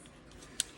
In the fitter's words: doesn't move right so now it's clicked did you hear the micro switch click